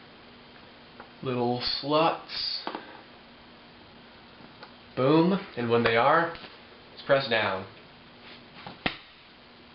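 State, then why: Seated. During an iMac repair, a part attached to the new hard drive is lined up in its little slots in the all-in-one computer and pressed down while someone talks. A sharp, loud click at 8.9 s marks the hard drive assembly seating in its mounting slots.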